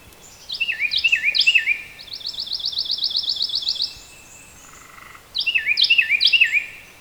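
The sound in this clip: Carolina wren song: two bursts of loud repeated whistled phrases, with a fast buzzy trill in between.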